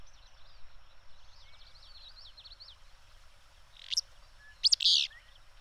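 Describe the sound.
Bird song: a faint rapid twittering warble, then two sharp high notes followed by a harsh buzzy burst near the end, over a low steady background hiss.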